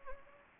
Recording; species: mosquito wingbeat signal from an infrared sensor; Anopheles gambiae